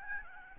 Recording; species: mosquito wingbeat signal from an infrared sensor; Aedes albopictus